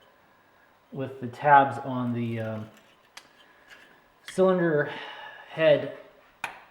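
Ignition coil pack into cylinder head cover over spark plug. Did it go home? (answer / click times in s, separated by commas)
yes / 6.4 s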